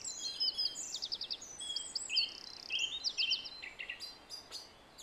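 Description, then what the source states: Song thrush song: dense run of high, crisp phrases, each note group repeated a few times before switching, in a quiet background. Recorded at 06:00.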